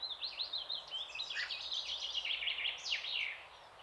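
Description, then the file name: Eurasian blackcap pouring out a continuous rapid warble of rising and falling twittery notes over faint background hiss. "Sylvia atricapilla"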